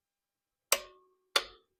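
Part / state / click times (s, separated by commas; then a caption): click-type torque wrench on a bolt of the mixer assembly / torque reached / 0.7 s, 1.4 s. A click-type torque wrench tightens the last bolt of the mixer assembly to spec, giving two sharp metallic clicks at 0.7 s and 1.4 s, each with a brief ringing tail that fades within about a quarter second. The wrench clicks at its setting, confirming the bolt is torqued and the mixer assembly is on.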